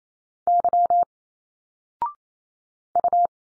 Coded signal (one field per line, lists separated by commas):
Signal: Morse code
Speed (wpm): 28 wpm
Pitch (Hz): 700 Hz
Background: none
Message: Y U